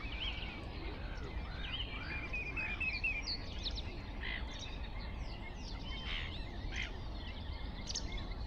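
Black-headed gull calls, a busy stream of harsh arched notes from several birds over continuous low rumbling noise.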